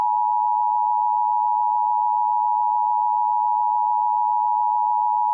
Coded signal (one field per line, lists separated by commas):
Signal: Emergency Alert System (SAME) tones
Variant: 853 and 960 Hz attention tone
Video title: EAS Scenario: Lost in Silence